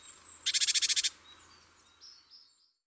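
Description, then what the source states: Great tit giving a quick burst of several evenly spaced buzzy pulses over about half a second, followed by faint high notes. Garden bird; the tsi crin crin crin call, replayed for comparison with the blue tit's call.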